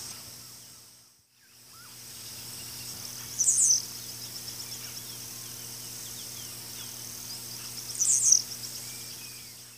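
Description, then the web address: Blue-black grassquit song: two brief, very high buzzy bursts about four and a half seconds apart, over a steady high hiss and a low continuous hum. Male singing; South America, Eastern Lowlands. "Natures Songs S America Eastern Lowlands. Volatinia jacarina, song male"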